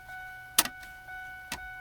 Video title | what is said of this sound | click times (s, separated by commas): How to install a truck stereo 2001 F350 / Installing After Market Stereo / Tidbit Tuesday | You heard it click. | 0.6 s